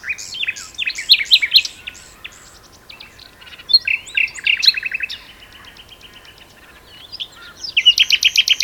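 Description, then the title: Common nightingale song: loud rapid repeated notes, varied chirps and whistles, then a quieter stretch and a final run of fast loud repeated notes. Two nightingales singing in a duet on Westleton Heath. "sanderson nightingale-duet-on-westleton-heath"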